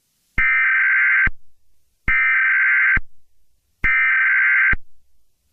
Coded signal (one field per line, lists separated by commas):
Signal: Emergency Alert System (SAME) tones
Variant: header bursts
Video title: EAS Test Mock